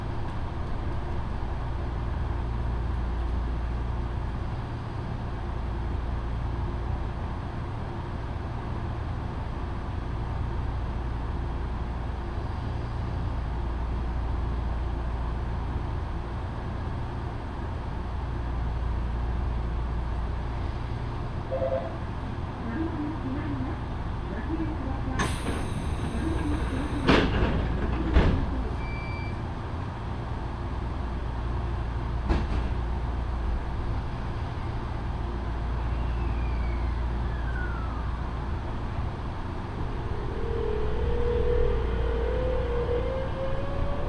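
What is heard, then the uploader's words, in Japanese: A ride on the Yoro Railway, with a steady low rumble and hum from the train running throughout. Around 25 to 28 seconds a few sharp, bright clanks and squeals cut through, and near the end a motor whine rises in pitch. 養老鉄道 揖斐→大垣→養老。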